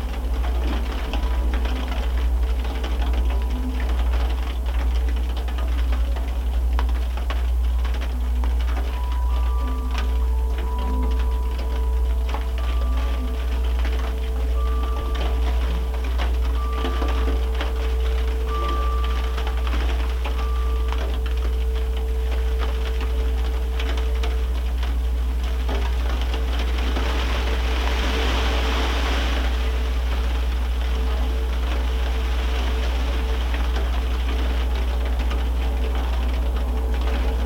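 Snowfall patters as dense, steady ticking on a baking sheet over a deep hum, with soft chime tones ringing between about ten and twenty seconds.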